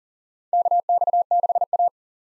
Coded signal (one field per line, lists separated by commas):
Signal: Morse code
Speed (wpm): 40 wpm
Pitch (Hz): 700 Hz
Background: none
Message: KX6A